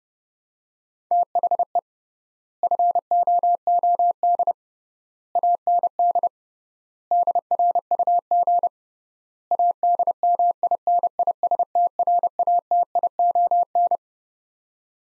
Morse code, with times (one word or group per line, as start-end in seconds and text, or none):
1.1-1.8 THE
2.6-4.5 FOOD
5.4-6.3 AND
7.1-8.7 DRUG
9.5-14.0 ADMINISTRATION